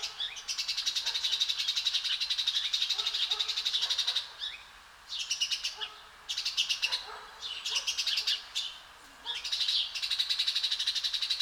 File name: Passer domesticus